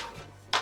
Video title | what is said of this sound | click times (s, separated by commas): Luxury Off Grid Skoolie tour | And there's a magnet on the end that it just snaps into place. | 0.5 s